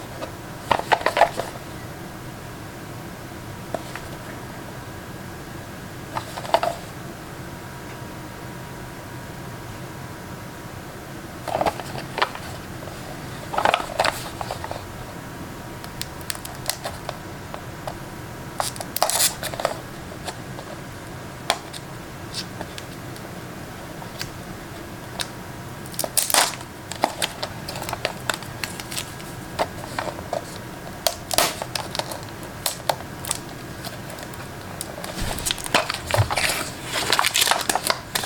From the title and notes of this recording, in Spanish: Abriendo una cassette virgen de los 90's o 00's filmado con una cámara de 2023.